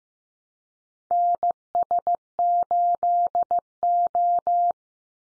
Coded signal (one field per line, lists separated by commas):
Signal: Morse code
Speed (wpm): 15 wpm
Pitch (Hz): 700 Hz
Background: none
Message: NS8O